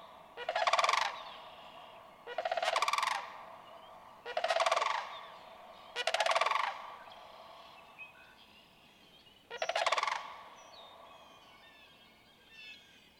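Sandhill crane calling repeatedly: four rattling, trumpeting bursts about every two seconds, then a pause and a fifth burst, with faint bird notes in the background.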